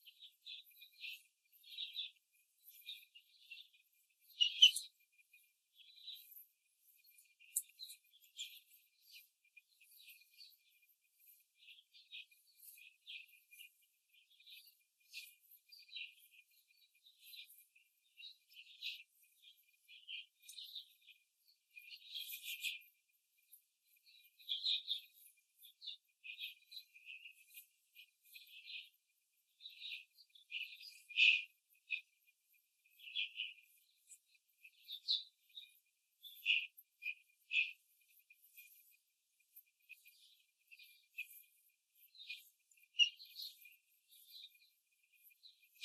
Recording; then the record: young laying hens in a cage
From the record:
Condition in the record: control cage, before the stress test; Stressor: none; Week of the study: 4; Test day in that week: 1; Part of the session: 1